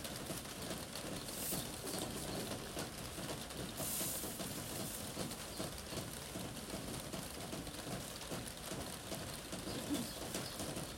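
Rain falls on a roof in a steady, dense patter that hardly changes in level over the eleven seconds. Countless small drops blur into a continuous wash, with brief brighter hissing bursts around 1.5 and 4 seconds.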